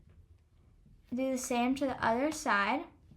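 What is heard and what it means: A plastic backing washer is being handled to press onto the post of the second safety eye, on the other side of a crocheted amigurumi piece, while someone talks from about 1.1 s on over a quiet background. Nothing has seated or clicked yet; the washer is not yet home.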